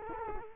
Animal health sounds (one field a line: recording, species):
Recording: mosquito wingbeat signal from an infrared sensor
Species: Culex quinquefasciatus